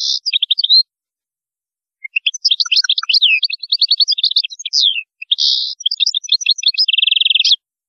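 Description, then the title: European goldfinch song: a short phrase, then after a pause a fast jumble of liquid twitters and chirps ending in a short buzzy trill. "Chant Chardonneret"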